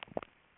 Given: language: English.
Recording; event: throat vibration sensor signal played as sound; swallow